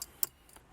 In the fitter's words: Everything will snap in place with an audible click. If you don't hear the click, that means it's not in.